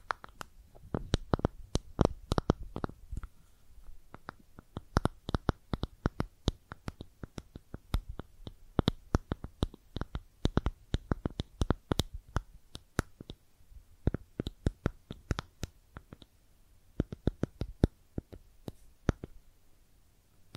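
Makeup containers are tapped and scratched in quick, uneven bursts, sharp clicks crowding together through most of the clip. The taps ring bright and crisp over a soft hush, thinning briefly around thirteen seconds before picking up again.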